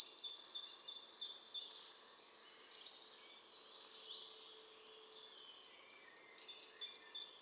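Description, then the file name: Great tit calls: rapid runs of thin, high, evenly spaced notes, about four a second, broken by a quieter stretch in the middle. "Parus major"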